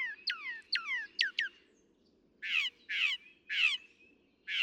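Northern mockingbird song: several quick downslurred whistles, then a series of harsh, buzzy notes.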